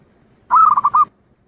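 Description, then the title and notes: Zebra dove cooing in a brief rolling phrase of several quick mellow notes. Compiled zebra dove song intended for training other birds to learn the song. "Kupulan Burung Perkutut. burung perkutut yang bisa digunakan untuk memaster"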